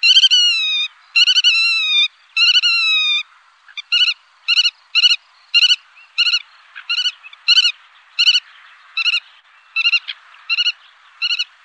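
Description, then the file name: Black-tailed godwit calling: three long, slightly falling nasal cries, then a steady series of many short clipped notes. "Rodspov"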